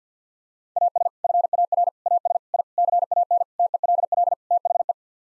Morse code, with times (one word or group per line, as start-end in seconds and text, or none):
0.8-1.1 AS
1.2-1.9 FAR
2.1-2.4 AS
2.5-2.6 I
2.8-3.4 CAN
3.6-4.3 TELL
4.5-4.9 THE